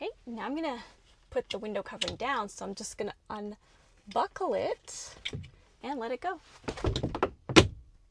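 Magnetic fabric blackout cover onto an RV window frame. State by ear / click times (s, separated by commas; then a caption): seated / 7.2 s. Someone talks while unbuckling a rolled-up no-sew fabric blackout covering with sewn-in magnets and letting it drop over an RV window. The magnets pull it against the metal window frame with a sharp thunk at 7.2 s, snapping it into place.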